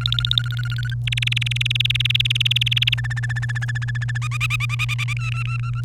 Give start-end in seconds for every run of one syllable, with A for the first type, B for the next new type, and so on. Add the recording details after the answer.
0.00-0.94 A, 1.07-2.94 B, 2.98-4.18 C, 4.22-4.94 D, 4.99-5.04 E, 5.08-5.13 D, 5.16-5.81 F. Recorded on 1 May 2018 at 14:54. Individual llb3